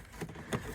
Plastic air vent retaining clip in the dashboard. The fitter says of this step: You can hear it pop.